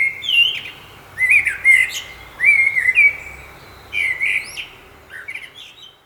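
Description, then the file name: Common blackbird singing short fluty warbled phrases with high twittery endings, about five bursts separated by brief pauses. "Turdus merula"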